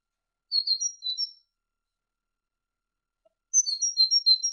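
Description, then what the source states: Great tit song: two bursts of high, thin notes alternating between two pitches, separated by about two seconds of silence. Indonesian masteran recording of great tit song for training songbirds, uploaded November 2014.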